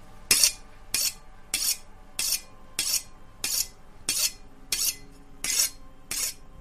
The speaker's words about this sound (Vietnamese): Cái bóng trắng đó từ từ tiến lại gần, trên tay đang cầm một con dao, tay kia đang cầm một cái cục đá mài dao xoèn xoẹt xoèn xoẹt.